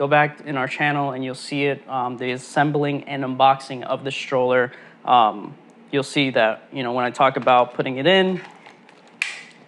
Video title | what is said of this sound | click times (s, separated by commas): Peg Perego Ypsi Double Stroller [UPDATED 2023] | you hear a click and then that's when you know it's fully in so that's your full first piece | 9.2 s